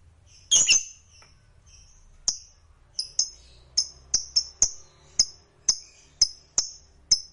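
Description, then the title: Lovebird calls, a burst of harsh chatter followed by quick sharp high chips at uneven intervals. Lovebird sound used to stimulate a lazy lovebird that is not singing to start singing spontaneously. "LOVEBIRD Malas Bunyi"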